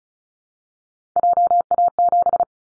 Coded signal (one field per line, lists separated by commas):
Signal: Morse code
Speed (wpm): 34 wpm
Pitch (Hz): 700 Hz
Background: none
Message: JA7